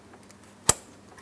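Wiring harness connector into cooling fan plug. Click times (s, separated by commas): 0.7 s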